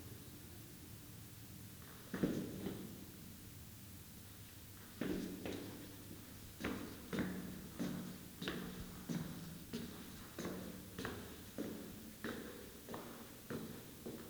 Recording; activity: daily activity, guitar pickup as the sensor; go downstairs